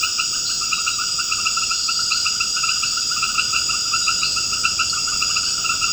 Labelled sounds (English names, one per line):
none